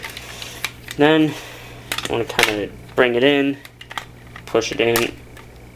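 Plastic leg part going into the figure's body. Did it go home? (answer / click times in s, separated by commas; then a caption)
no / none. Someone talks while handling a plastic Transformers MP Megatron action figure during transformation, bringing a plastic leg part inward and pushing it toward the figure's body, with small plastic taps and rattles throughout. The leg joint has not clicked or seated into place yet.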